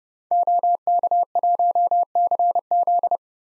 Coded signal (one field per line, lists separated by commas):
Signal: Morse code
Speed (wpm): 32 wpm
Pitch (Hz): 700 Hz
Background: none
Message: OK1CZ